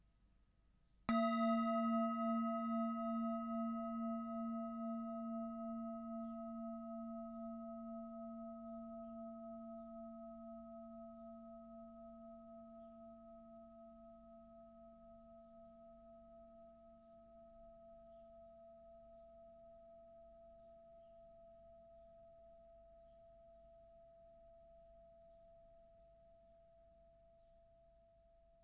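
A singing bowl is struck once at about one second and then left to ring out. Its low hum with a slow wobble and several clear higher tones fade gradually over nearly thirty seconds, the upper tones dying away first, with a faint low rumble underneath.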